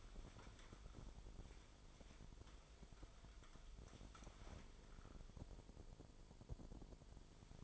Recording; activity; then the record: daily activity, microphone in the room; wipe stove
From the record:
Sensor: 5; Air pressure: 1003.5 hPa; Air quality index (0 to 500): 147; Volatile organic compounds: 2 ppm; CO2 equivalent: 1069 ppm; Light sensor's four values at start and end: 39/87/39/45 and 38/86/38/44